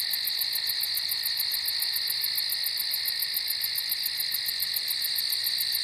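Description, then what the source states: Cricket chorus of constant shrill trilling and fast, regular high pulses, holding steady without pause for the whole stretch. Several crickets at night on a farm.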